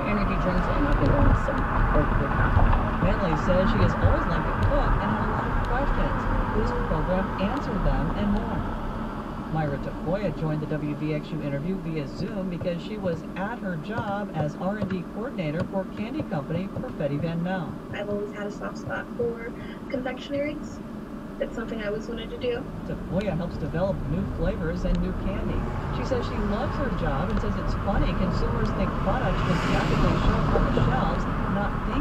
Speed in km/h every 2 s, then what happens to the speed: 47, 44, 37, 31, 21, 13, 6, 0, 0, 0, 0, 0, 15, 26, 34, 42.
0-13 brakes to 0. 13-23 standing. 23-32 pulls away to 42.